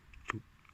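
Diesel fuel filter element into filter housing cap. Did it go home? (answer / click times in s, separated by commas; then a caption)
yes / 0.3 s. A new diesel fuel filter element is pushed onto the plastic filter housing cap of a Vauxhall Insignia until it clips in. A sharp click at 0.3 s is followed by a brief low thud, with a few faint ticks around it. The element is seated and clicked into place.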